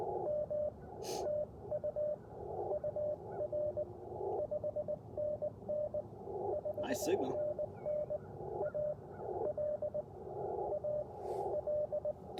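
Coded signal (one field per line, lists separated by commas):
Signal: Morse code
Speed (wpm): 19 wpm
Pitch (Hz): 600 Hz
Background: speech, radio noise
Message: M TU UR 5NN 5NN AL AL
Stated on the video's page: Parks on the Air CW activation on Icom IC-705 with AlexLoop magnetic loop and BaMaKeY TP-III paddles; sidetone sounds warbly at times.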